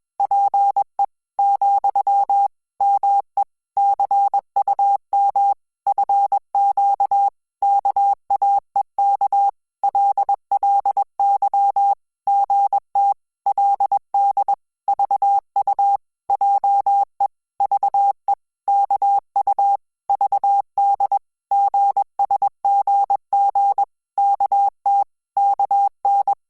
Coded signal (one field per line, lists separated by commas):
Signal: Morse code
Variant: Korean alphabet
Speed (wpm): 21 wpm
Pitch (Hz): 800 Hz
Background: none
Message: 자 , 마 침 내 왕 께 서 그 리 하 라 이 르 셨 어 요